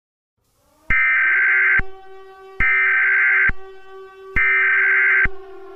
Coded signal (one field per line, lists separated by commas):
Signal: Emergency Alert System (SAME) tones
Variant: header bursts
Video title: Furries - A EAS scenario